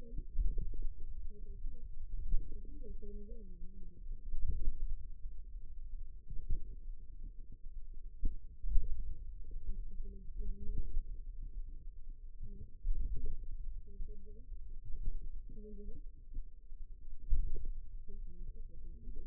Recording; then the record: forearm muscle sounds (acoustic myography)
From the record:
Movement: pen grasping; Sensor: system 2, bracelet of six BSWA MPA416 microphones around the upper forearm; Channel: 4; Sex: female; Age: 21 years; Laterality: right